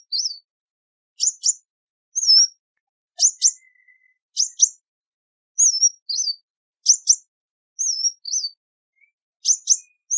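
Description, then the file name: Sunbird in a repeated sequence of thin looping whistles and sharp twin chips, evenly spaced, with a quiet steady tone briefly underneath. "Tieng chim hut mat"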